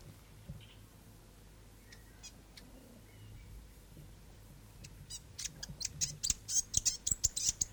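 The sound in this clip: South Island fantail song: quiet stretch with a few faint notes, then a burst of high, squeaky chattering chips building rapidly in the last few seconds.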